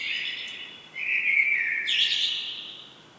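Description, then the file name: Common blackbird singing a mellow fluted warble that dips slightly, then ends in a brighter, higher twittering flourish. "Turdus merula"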